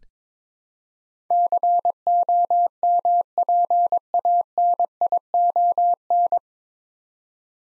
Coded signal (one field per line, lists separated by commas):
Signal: Morse code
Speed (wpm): 22 wpm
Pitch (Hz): 700 Hz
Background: none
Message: COMPANION